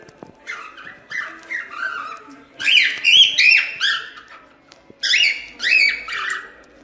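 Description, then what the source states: Cockatiel song: repeated warbled whistles that swoop up and down in short phrases, some notes bright and loud, others softer and scratchy, in two main bursts. Lutino colour mutation cockatiel, song.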